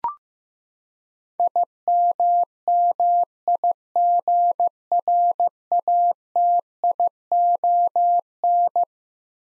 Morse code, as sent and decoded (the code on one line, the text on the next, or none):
.. -- -- .. --. .-. .- - .. --- -.
IMMIGRATION